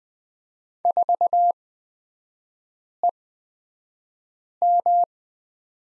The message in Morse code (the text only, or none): 4EM